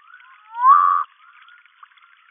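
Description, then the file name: Humayun's night frog giving a single rising, whistle-like call that sweeps up and then levels off, with faint quiet background. "Nyctibatrachus humayuni"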